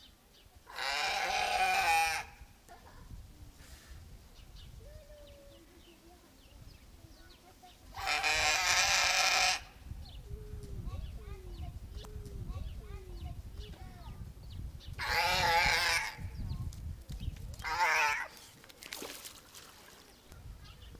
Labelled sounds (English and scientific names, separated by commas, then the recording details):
Brown Fur Seal (Arctocephalus pusillus) call
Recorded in captivity
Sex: female
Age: adult
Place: Zoo Berlin, Berlin, DE
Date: 2002-09-12 15:29
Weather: sunny, 24°C
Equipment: Nagra SN, Kopie Uher 4000 Report Monitor
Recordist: Tembrock, Günter